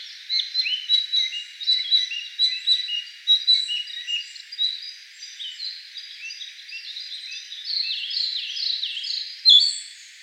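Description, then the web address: Narcissus flycatcher song: a dense run of clear whistled notes and chirpy, stepping phrases repeated throughout. Recorded on 25 May 2013. "birdenaga kibitaki"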